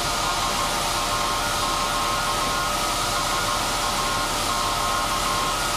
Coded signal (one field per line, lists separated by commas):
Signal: Morse code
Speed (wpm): 16 wpm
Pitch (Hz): 1070 Hz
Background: none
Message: SAQ SAQ